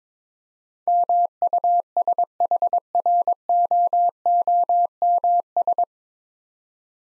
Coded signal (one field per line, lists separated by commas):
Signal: Morse code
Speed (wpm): 21 wpm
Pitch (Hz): 700 Hz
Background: none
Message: MUSHROOMS